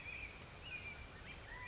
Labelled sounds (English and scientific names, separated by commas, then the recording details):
California Quail (Callipepla californica)
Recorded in Sonoma County, California